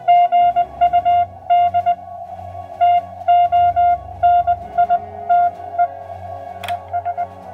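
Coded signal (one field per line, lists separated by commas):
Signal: Morse code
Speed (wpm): 20 wpm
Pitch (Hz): 700 Hz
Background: music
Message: GUD TONITE ES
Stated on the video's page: Morse from a uBITX transceiver with modifications, heard through different audio filters.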